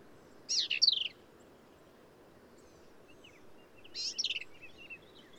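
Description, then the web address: Black-capped vireo singing two rapid phrases of high, jumbled, slurred notes about three seconds apart. "birdsongforthecurious Black-capped Vireo"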